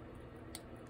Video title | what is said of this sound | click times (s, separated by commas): Waltham 1902 Private Label Fancy Dial Gorgeous Vintage Watch | you can hear the click i'll | 0.6 s